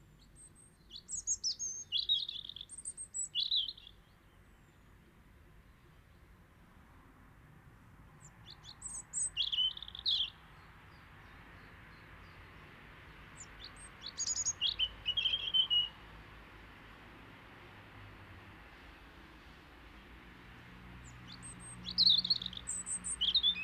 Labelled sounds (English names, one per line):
European Robin song